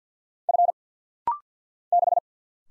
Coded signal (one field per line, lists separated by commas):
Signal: Morse code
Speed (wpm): 48 wpm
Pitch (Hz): 700 Hz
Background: none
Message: F 6